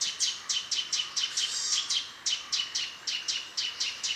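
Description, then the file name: Eurasian nuthatch calling in quick succession, loud sharp chipping notes spaced evenly, roughly four each second. "Sitta europaea"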